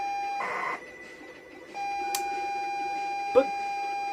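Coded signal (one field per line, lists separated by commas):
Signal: ZX Spectrum tape loading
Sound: steady high pilot tone, briefly interrupted, with a short voice burst and two clicks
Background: brief speech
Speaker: and the game is of course commando so what's special about the loading sequence of commando well i'll tell you now it seems to start ordinarily enough but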